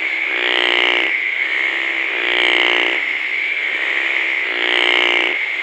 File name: Phrynohyas coriaceus